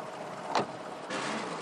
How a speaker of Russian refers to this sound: Нина уезжает на машине.